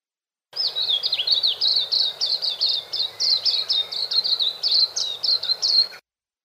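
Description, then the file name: White-eye giving a long, rapid series of high twittering notes, pulsing several times per second with slight rises and falls. "suara-kicauan-burung-kacamata-perak -omkicau"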